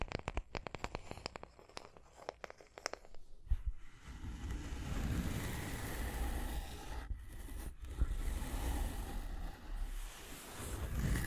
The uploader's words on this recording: Tapping and Scratching (No Talking).